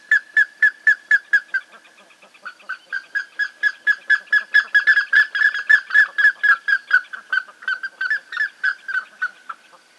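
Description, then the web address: Plumbeous ibis giving a rapid series of loud calls, a short pause, then a longer run of similar notes. "sound Plumbeous-ibis. دانلود-صدای-پرنده-اکراس-سربی"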